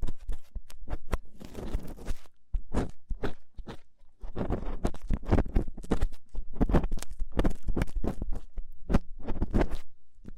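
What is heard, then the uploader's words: Rough ear cleaning: a dense run of scratching, rubbing and crackling bursts, fast and irregular, with short gaps near two and four seconds. Low muffled thumps sit under brighter scraping clicks, and a faint low hum runs through the background. ASMR Rough Ear Cleaning (No Talking).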